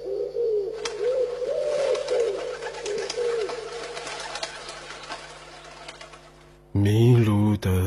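A pigeon coos over and over in low, rolling, throaty warbles for several seconds, then a louder, steady harmonic tone abruptly cuts in near the end.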